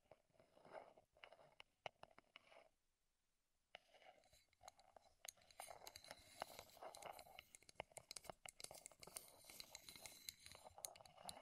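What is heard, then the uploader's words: Wooden tapping and scraping come in dense, irregular clicks and knocks, with a brief near-silent pause around three seconds before resuming more busily. ASMR Wood Triggers in Your Ears (No Talking).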